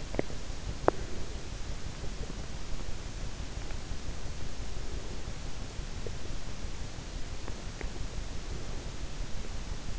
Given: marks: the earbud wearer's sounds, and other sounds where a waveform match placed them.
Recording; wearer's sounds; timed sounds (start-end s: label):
sounds in sleep by an in-ear microphone; teeth grinding
0.00-1.02 s: teeth grinding